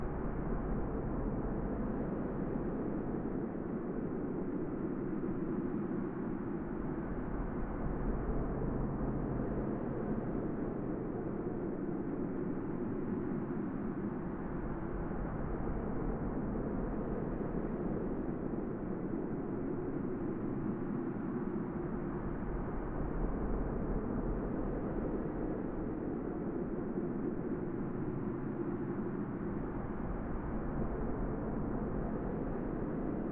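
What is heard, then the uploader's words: A white noise space soundscape: a steady, dense rushing hiss that holds at an even level for the whole half minute. The sound is dark and muffled, with nothing in the upper register, and a low rumbling drone sits underneath without any distinct events. White Noise Space Soundscape. Soundscape from the Universe.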